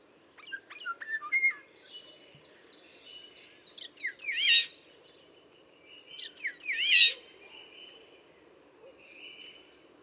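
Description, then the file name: Common starling calls: high whistles and a wavering note, then two loud harsh, squeaky bursts with slurred whistles about two and a half seconds apart over faint background hiss. "Storno"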